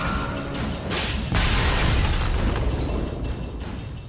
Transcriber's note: soundbite of glass shattering